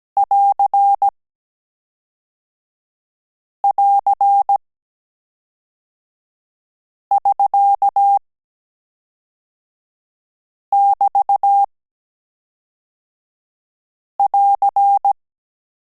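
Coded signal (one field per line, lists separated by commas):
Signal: Morse code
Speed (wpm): 17 wpm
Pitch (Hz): 800 Hz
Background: none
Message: <AR><AR><SK><BT><AR>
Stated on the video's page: Morse code course final lesson on AR and AS characters, with mixed-character transmissions.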